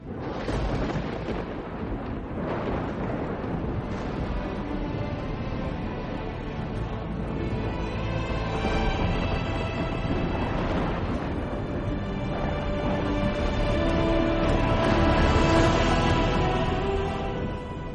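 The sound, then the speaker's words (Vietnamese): A long, continuous roar of thunder from repeated lightning strikes, with deep rumbling and crackling surges, loud and sustained throughout, swelling again toward the end, with no voices. “Như âm thanh đùng đùng đánh tới, bác cổ đều xoay người che chắn cho em mình.”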